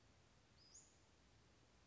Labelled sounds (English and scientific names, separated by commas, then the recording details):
Western Flycatcher (Empidonax difficilis)
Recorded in Sonoma County, California